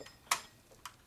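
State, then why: Seated. A plastic model kit part is squeezed onto the model until it snaps into place. A sharp, bright click sounds at 0.3 s, followed by a fainter tick at about 0.9 s. The part is seated, and the fit is confirmed.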